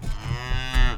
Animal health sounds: contact call of a hoofed animal; cattle; low-frequency (closed-mouth) or high-frequency (open-mouth) call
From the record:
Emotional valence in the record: negative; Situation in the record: full separation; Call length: 0.98 s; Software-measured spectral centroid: 2240 Hz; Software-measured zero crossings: 1500 a second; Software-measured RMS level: -23 dBFS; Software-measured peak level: -8 dBFS

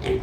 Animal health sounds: contact call of a hoofed animal; pig; closed-mouth grunt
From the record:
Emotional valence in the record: positive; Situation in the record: food and toys in familiar pen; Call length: 0.23 s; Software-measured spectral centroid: 1790 Hz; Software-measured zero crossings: 1060 a second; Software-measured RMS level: -24 dBFS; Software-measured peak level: -13 dBFS

